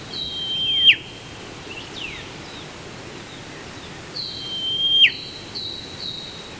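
Whipbird whip call repeated twice: a long piercing whistle rising in volume, then a sharp crack-like downward sweep, with softer bird notes between.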